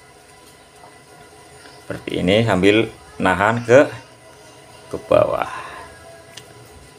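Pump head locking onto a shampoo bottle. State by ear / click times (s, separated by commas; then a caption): seated / 6.4 s. The plastic pump head of a Sunsilk shampoo bottle is pressed down and turned clockwise while someone talks. A short, sharp click at 6.4 s marks the pump cap locking into place.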